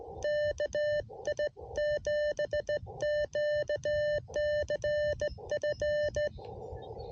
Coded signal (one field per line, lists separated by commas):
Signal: Morse code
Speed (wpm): 16 wpm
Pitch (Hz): 600 Hz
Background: none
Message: KI7QCF